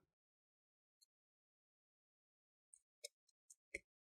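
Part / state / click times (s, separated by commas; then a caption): captive heatsink screw in laptop motherboard / released / 2.7 s, 3.1 s, 3.5 s, 3.8 s. The four captive screws holding the CPU heatsink to the motherboard of a Dell Inspiron 15 5000 (P102f) laptop are twisted loose until they click free. After a mostly quiet stretch with a faint tick near 1.0 s, four short, sharp clicks come at 2.7, 3.1, 3.5 and 3.8 seconds. The screws are released.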